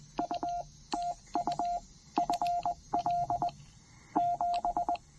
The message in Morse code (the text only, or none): UTU FL 7